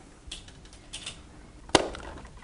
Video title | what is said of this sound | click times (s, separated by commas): Installation of Hitachi Ultimate Short Throw Projector and StarBoard | the cable cover just snaps into place | 1.8 s